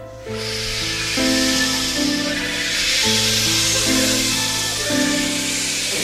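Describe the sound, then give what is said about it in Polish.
A crowd with hands raised imitates rustling trees for the Polish folk song "Szumią jodły", broadcast on Polish Radio Trójka: a sustained, breathy whooshing that swells and lingers over steady held chords from musical accompaniment; no words are spoken. “Proszę wszyscy, ręce do góry! I szumimy.”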